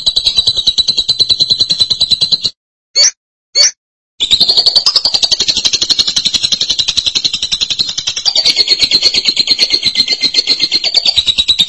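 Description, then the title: Lovebird chattering song, a dense stream of rapid high squeaks broken by a brief pause with two short bursts, then resuming unbroken. "BM Suara Burung Lovebird"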